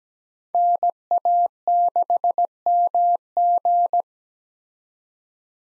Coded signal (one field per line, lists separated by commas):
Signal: Morse code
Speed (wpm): 17 wpm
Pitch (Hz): 700 Hz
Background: none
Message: NA6MG